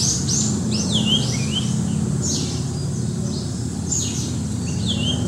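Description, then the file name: Japanese grosbeak song: a series of clear, high whistled notes, some sliding down and some rising, over a steady low rumbling background noise. Recorded 2 May 2019. "20190502 ikaru"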